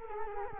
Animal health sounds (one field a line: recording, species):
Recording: mosquito wingbeat signal from an infrared sensor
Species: Culex quinquefasciatus